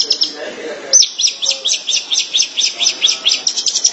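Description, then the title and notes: Long-tailed Shrike song: a quick string of sharp, chirping notes repeated several times a second after a brief lower warble. Local Indonesian name 'pentet'; recording labelled 201703. "Pentet 201703. Suara burung pentet"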